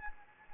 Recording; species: mosquito wingbeat signal from an infrared sensor; Anopheles gambiae